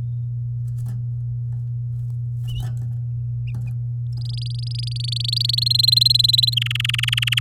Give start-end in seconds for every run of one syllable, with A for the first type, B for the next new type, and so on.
4.12-5.64 A, 5.66-6.54 B, 6.57-7.40 C